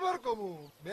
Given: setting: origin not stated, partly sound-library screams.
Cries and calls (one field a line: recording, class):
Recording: one-second piece from a danger detection set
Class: normal situation